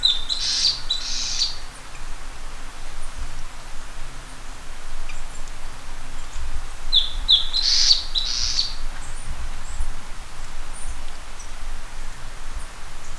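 Bird calls: high, sharp chirping bursts at the start and again midway, over a steady low rumble and hiss.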